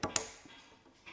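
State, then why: Seated. A pipe is pushed into a push-fit fitting and clicks home with two sharp, bright clicks at 0.0 and 0.2 seconds, leaving the final connection seated. A quiet tail follows.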